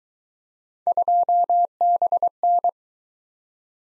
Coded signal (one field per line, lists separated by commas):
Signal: Morse code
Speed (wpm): 19 wpm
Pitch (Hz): 700 Hz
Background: none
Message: 2BN